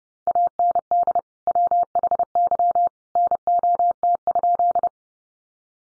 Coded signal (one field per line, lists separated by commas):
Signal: Morse code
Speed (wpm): 30 wpm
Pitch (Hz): 700 Hz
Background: none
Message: AND WHY NOT?